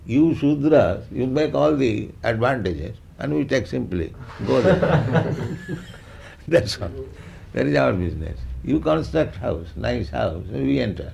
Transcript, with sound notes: You śūdras, you make all the advantages, and we take simply, go there. [laughter] [laughs] That's all. That is our business. You construct house, nice house, and we enter.